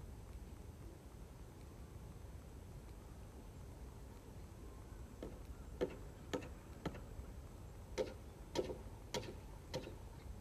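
A rice binder works through the field, its small engine giving a steady low rumble from start to finish. About halfway through, sharp clacking knocks begin, repeating roughly every half second, as the machine cuts and ties the stalks into bundles.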